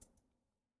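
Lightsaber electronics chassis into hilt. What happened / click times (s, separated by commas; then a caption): The insert clicked into its housing / 0.0 s. A lightsaber's internal electronics chassis is pushed into the hilt and turned slightly counterclockwise to twist-lock. A single small, sharp click sounds at 0.0 s, followed by a fainter tick near 0.2 s that fades quickly. The chassis is seated and locked in the hilt.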